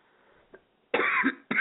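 An adult caller on a phone line coughs, a lingering cough left over from a recent illness.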